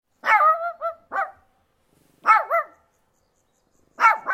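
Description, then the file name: Shih Tzu giving tonal, yappy barks, some doubled or tripled, in three bursts separated by silent pauses of about a second. "shih tzu Dog"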